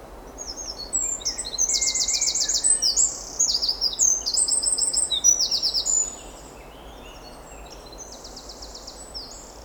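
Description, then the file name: Eurasian wren song: a long, loud, high-pitched run of rapid trills and sharp notes lasting about five seconds, then quieter background with faint chirps. "Troglodytes troglodytes"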